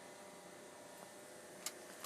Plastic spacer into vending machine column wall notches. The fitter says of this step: line it up click it in